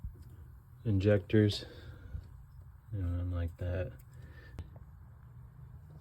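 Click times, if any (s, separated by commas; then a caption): 4.6 s. A small metal fuel injector retaining clip on a Jeep Liberty is fitted around the fuel rail flange and clicked through the injector. Someone talks, then a sharp click at 4.6 s, followed by two fainter ticks. The clip snaps into place and locks the injector to the fuel rail.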